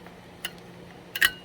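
A captive retaining screw inside a Dell R720-DX rack server is turned until it locks into place, with sharp metallic clicks at 0.5 and 1.2 seconds over a faint steady hum. The screw seats and locks.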